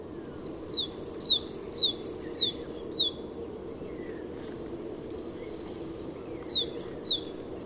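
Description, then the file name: Great tit delivering a long run of high, sharply falling paired whistled notes, a pause, then a shorter run, over constant low background rumble. "Parus major"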